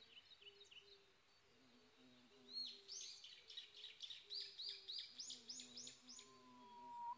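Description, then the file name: Japanese bush warbler: a fast series of sharp, descending high notes, about three a second, with intermittent low tones and background hiss. Recorded 22 May 2011 at 05:58. "uguisu-20110522-0558"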